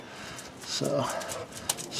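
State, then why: Seated. A wiring harness plug is pushed onto the front axle 4WD actuator of a 2007 Dodge Ram while someone talks. A sharp snap is heard at 1.7 s as the connector seats, confirmed on.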